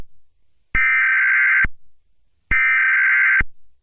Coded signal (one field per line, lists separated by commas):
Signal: Emergency Alert System (SAME) tones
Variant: header bursts